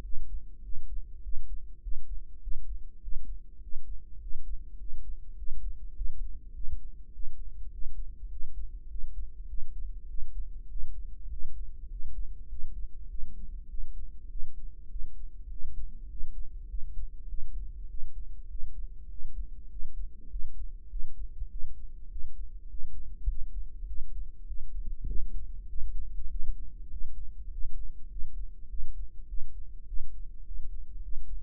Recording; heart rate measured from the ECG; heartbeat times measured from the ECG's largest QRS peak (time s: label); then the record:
heart sounds by microphone in the right ear; 101 bpm
0.04 s: heartbeat
0.64 s: heartbeat
1.23 s: heartbeat
1.83 s: heartbeat
2.42 s: heartbeat
3.02 s: heartbeat
3.62 s: heartbeat
4.21 s: heartbeat
4.79 s: heartbeat
5.38 s: heartbeat
5.96 s: heartbeat
6.55 s: heartbeat
7.13 s: heartbeat
7.72 s: heartbeat
8.31 s: heartbeat
8.90 s: heartbeat
9.49 s: heartbeat
10.09 s: heartbeat
10.70 s: heartbeat
11.31 s: heartbeat
11.91 s: heartbeat
12.50 s: heartbeat
13.10 s: heartbeat
13.69 s: heartbeat
14.30 s: heartbeat
14.91 s: heartbeat
15.50 s: heartbeat
16.10 s: heartbeat
16.70 s: heartbeat
17.29 s: heartbeat
17.89 s: heartbeat
18.50 s: heartbeat
19.10 s: heartbeat
19.70 s: heartbeat
20.31 s: heartbeat
20.90 s: heartbeat
21.50 s: heartbeat
22.10 s: heartbeat
22.69 s: heartbeat
23.28 s: heartbeat
23.88 s: heartbeat
24.47 s: heartbeat
25.07 s: heartbeat
25.68 s: heartbeat
26.29 s: heartbeat
26.91 s: heartbeat
27.51 s: heartbeat
28.10 s: heartbeat
28.70 s: heartbeat
29.28 s: heartbeat
29.87 s: heartbeat
30.46 s: heartbeat
31.03 s: heartbeat
From the record:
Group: healthy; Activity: cold pressor test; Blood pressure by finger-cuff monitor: 136/88 mmHg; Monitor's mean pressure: 104 mmHg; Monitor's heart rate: 100 bpm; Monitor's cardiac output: 7.5 L/min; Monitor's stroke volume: 74 mL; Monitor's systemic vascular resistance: 1020 dyn s/cm5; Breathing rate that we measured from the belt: 16 breaths a minute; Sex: male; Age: 21 years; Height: 175 cm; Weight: 72.6 kg